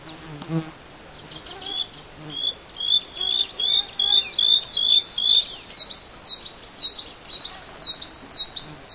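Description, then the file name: Bluethroat song with a run of pure whistled notes repeated quickly, followed by varied, swooping high phrases and chirps. Black-faced bunting and dusky warbler songs in background. "L svecica-song backgr-E spod-Ph fusc-songs"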